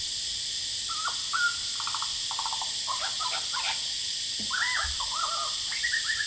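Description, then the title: Lyrebird song, varied whistles, rapid rattling trills and looping sweeps, over a constant high droning cicada chorus. Male, Horsfield Bay, New South Wales, Australia, 23 January 2017, singing vigorously outside a window, with loud cicadas calling; noise reduction applied. "Lyrebird - Horsfield Bay NSW, Jan 23 2017"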